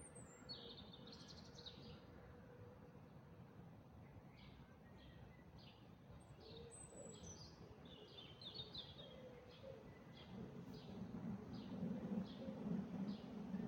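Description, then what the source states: Birds singing in a dawn chorus, several high chirps and short whistled phrases overlapping over a steady low rumble. Dawn chorus recorded in 2024.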